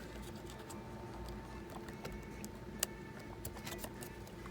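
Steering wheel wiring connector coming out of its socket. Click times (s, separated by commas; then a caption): 2.8 s. With its lock tab lifted, the plastic wiring connector for a new carbon fiber steering wheel on a 2017 Toyota Corolla iM is worked free of its socket with one hand. Faint scrapes and light ticks lead up to a sharp pop at 2.8 s as the connector comes out. The connector is released.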